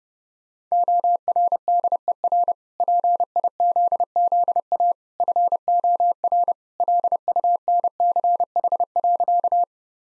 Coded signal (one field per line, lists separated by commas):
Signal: Morse code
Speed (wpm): 30 wpm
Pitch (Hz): 700 Hz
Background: none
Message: ORDER PIZZA FOR LUNCH.